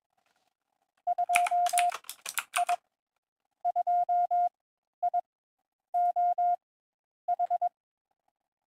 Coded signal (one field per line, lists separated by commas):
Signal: Morse code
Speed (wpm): 22 wpm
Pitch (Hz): 710 Hz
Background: none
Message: 2I 2I OH